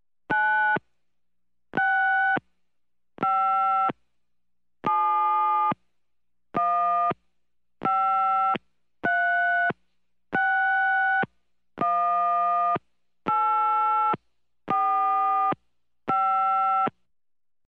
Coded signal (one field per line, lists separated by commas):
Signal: DTMF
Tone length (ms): 740 ms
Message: 965715361845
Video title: Telephone Touch Tone Sound Effects 📞 | No Copyright & Free for Editing